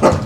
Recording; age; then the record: pig call; growing-finishing pig (85 days or more)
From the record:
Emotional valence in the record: positive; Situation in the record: run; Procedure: transit